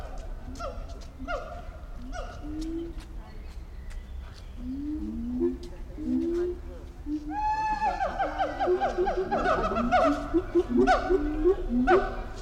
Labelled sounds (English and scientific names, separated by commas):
Siamang (Symphalangus syndactylus)